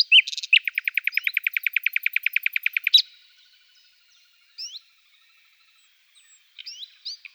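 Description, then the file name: Common nightingale song: a long, fast series of identical loud notes, then soft scattered notes. "Fülemülék"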